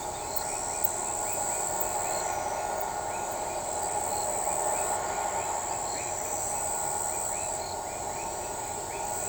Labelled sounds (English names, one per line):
none